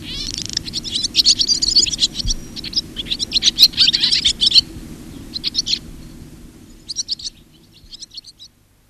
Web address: barn swallow